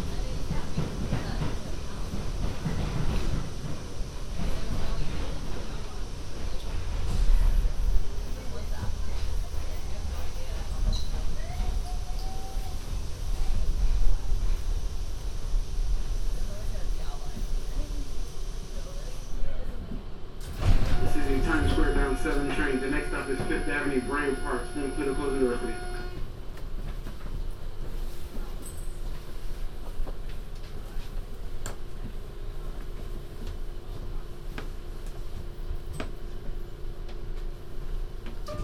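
Binaural recording of a New York subway trip: steady rumbling train noise and chatter, with a brief tonal chime or announcement around 21–26 seconds.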